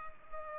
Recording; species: mosquito wingbeat signal from an infrared sensor; Culex pipiens